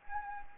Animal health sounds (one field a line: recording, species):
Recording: mosquito wingbeat signal from an infrared sensor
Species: Anopheles arabiensis